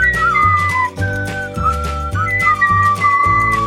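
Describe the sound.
A person whistles a simple melody in clear, sustained notes that glide between pitches, over a steady backing of instrumental music with a pulsing low bass line.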